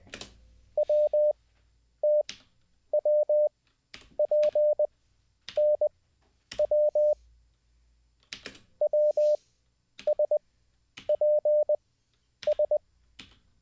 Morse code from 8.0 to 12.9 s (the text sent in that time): WSPS